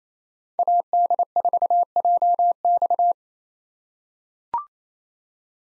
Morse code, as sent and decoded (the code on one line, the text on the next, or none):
.- -.. ....- .--- -..-
AD4JX